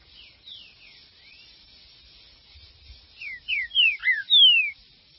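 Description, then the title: Green-winged saltator song: soft, faint whistles first, then a loud run of five mostly falling whistled notes. "Trinca Ferro"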